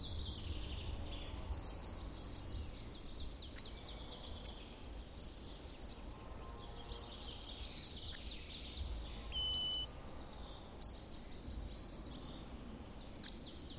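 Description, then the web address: Bird, short bright chirps repeated every second or two, broken by one level whistled note, over soft low rumble. "madarak enek"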